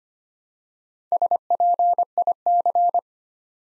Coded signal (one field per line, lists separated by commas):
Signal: Morse code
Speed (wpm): 25 wpm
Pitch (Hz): 700 Hz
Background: none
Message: SPIC